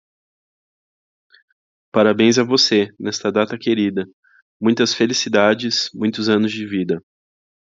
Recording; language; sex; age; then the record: short text; Brazilian Portuguese; male; 20 to 29 years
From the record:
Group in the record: control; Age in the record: 27 years